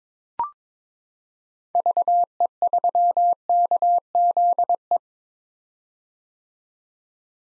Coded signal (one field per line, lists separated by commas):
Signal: Morse code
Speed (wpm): 22 wpm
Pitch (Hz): 700 Hz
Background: none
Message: VE3KZE